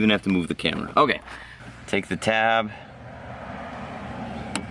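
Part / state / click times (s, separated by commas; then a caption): plastic tab into car interior door handle mount / seated / 4.6 s. A plastic tab is locked into the interior door handle mount of a Hyundai Tiburon during an interior door handle replacement. Someone talks over the first part, then after a quieter stretch a single sharp click at 4.6 s shows the tab seating into place.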